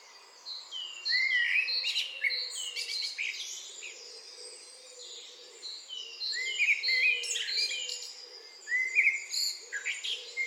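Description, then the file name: Eurasian blackbird song, melodious phrases recurring at intervals, over a constant wash of high chirping birds and low hum. "Turdus merula"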